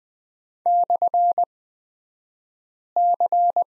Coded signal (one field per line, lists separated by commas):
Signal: Morse code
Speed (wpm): 20 wpm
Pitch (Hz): 700 Hz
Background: none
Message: /C